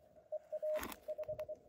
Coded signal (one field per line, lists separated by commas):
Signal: Morse code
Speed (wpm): 23 wpm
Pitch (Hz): 620 Hz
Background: none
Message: EA 5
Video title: 14MHZ QRP CW /p 2Watts